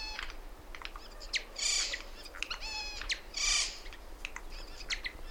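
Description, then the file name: Eurasian jay calling with two loud, raspy screeches roughly two seconds apart, with sharp clicking notes in between. "Garrulus glandarius"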